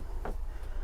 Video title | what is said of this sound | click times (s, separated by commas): Burstner Lyseo TD690G Instructional video 2024 | and then click into place | 0.2 s